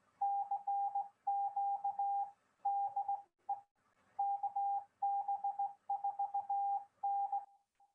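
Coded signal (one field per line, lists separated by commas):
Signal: Morse code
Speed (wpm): 17 wpm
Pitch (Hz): 800 Hz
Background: none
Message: CQ DE KB4N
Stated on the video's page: Signals from a ham radio class session, part 2.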